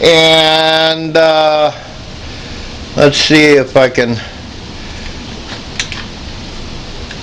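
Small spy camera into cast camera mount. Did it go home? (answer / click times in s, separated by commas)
yes / 5.8 s, 5.9 s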